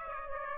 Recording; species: mosquito wingbeat signal from an infrared sensor; Aedes aegypti